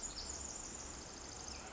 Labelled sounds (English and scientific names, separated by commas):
Pacific Wren (Troglodytes pacificus)